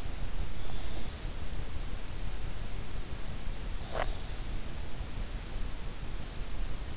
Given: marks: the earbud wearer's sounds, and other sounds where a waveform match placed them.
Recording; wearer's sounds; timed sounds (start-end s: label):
sounds in sleep by an in-ear microphone; teeth grinding
3.80-4.37 s: teeth grinding